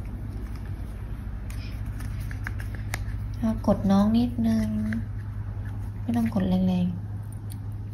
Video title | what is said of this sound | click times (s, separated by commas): รีวิว XIAOMI นาฬิกาสมาร์ทวอทช์ รุ่น Lite นาฬิกาอัจฉริยะ ราคาประหยัด Redmi Watch 2 Lite | มันก็เข้าล็อคแล้วมันก็จะขึ้นเป็นชาร์จ | 7.5 s